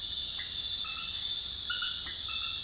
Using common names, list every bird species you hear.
none